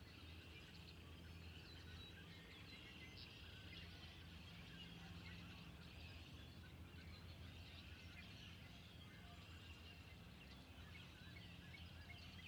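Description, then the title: Spring peepers calling together, an unbroken shrill chorus of high notes, accompanied by steady low-frequency noise. Recorded 6 April 2021. "2021-04-06-Spring-Peepers"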